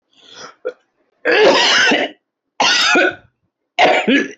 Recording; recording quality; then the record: heavy voluntary cough; excellent, no background noise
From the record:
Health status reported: healthy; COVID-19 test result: not tested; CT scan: not taken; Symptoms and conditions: none ticked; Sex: female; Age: 56 years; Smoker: no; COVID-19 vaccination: none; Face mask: not worn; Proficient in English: no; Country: India